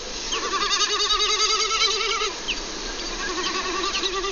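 Snipe making a quavering, bleating hum in two long pulsing bursts.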